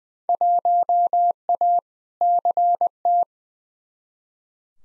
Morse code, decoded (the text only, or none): 1A CT